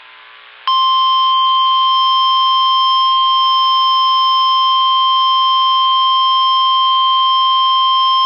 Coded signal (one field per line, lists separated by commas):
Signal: Emergency Alert System (SAME) tones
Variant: 1050 Hz attention tone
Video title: Oklahoma City Tornado Warning (EAS 326)